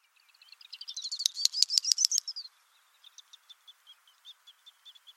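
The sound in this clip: Bird giving a rising run of bright chirps that builds into a loud, rapid twittering burst, followed by a series of soft, evenly spaced high ticks.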